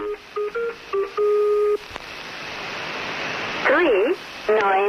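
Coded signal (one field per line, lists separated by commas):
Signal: numbers station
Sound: several short two-tone beeps, a stretch of radio hiss, then two short spoken words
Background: radio static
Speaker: this is what's known as a number station a series of numbers reeled off by what sometimes an automated voice sometimes a human voice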